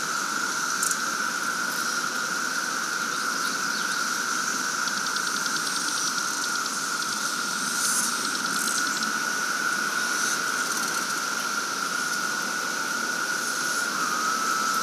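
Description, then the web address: Dense cicada drone, an unbroken steady whine with hissing texture, a few faint clicks and short high rattles scattered through. Cicadas at Sangchris Lake, during the 220-year cicada bloom. "The Psychologically Ultimate 220 Year Cicada Bloom. Sangchris Lake Cicadas"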